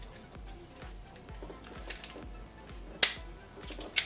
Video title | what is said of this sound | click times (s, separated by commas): Rose Kuli Smart Kitchen Scissors multi tool | it back together snaps into place | 3.0 s